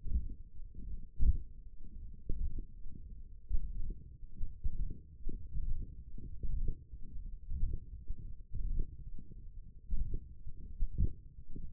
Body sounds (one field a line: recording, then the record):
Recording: forearm muscle sounds (acoustic myography)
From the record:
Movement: hook grip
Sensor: system 1, eight BSWA MPA416 microphones around the upper forearm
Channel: 4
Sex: male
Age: 21 years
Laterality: right